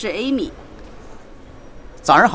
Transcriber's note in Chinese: Office ambience